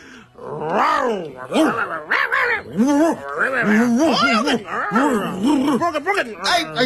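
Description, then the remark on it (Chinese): Two dogs, one not on a leash, suddenly start fighting, growling and snarling at each other in a tangled, continuous scuffle, with rising and falling harsh vocal tones overlapping for several seconds without pause. “你快点拉着你那狗啊！我赶紧，哎呀，我也没带着绳，你带狗绳没？赶紧把那狗拴。”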